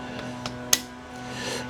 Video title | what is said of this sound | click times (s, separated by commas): Henrys 72 super beetle episode 62 Installing new pistons. | Oh yeah, just snapped right in. Perfect. | 0.7 s